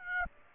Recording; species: mosquito wingbeat signal from an infrared sensor; Aedes aegypti